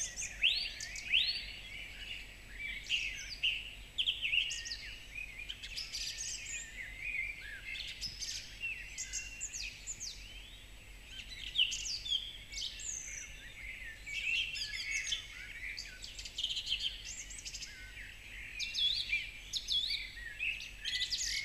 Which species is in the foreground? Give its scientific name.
Turdus philomelos